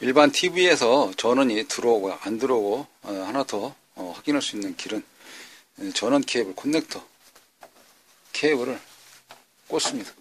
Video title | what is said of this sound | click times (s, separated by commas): LCD LED TV수리 TV Repair 이상유무 점검방법 테스트과정 수리하는방법 | 꽂으면 보통은 딸깍 소리가 나는데 여기서는 안 나지만 그걸 떠나서도 | none